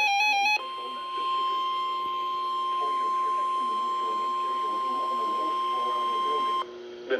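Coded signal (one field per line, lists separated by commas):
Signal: Emergency Alert System (SAME) tones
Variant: 1050 Hz attention tone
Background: speech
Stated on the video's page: Real EAS weather alerts, including watches and warnings, received on weather radios from three NOAA Weather Radio stations.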